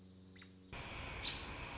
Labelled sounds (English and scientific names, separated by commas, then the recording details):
American Robin (Turdus migratorius)
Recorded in Sonoma County, California